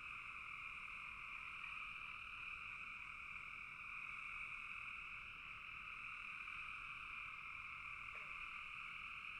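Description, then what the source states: Frogs in a dense, unbroken calling chorus, a steady trilling hum in two bands, with one brief lower note near the end. Frogs calling in a bog.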